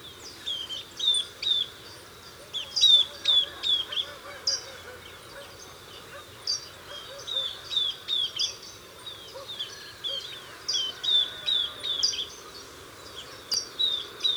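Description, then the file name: Southern beardless tyrannulet calls: short high descending whistled notes, often in quick pairs or triplets, repeated in groups through most over a faint low background hum. "Camptostoma obsoletum - Southern Beardless Tyrannulet"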